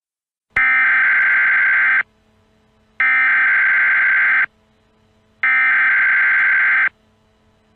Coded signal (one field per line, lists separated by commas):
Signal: Emergency Alert System (SAME) tones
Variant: header bursts